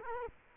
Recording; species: mosquito wingbeat signal from an infrared sensor; Culex quinquefasciatus